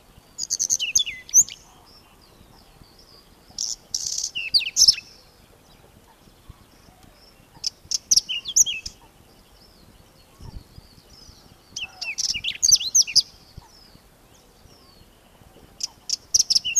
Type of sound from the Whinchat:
song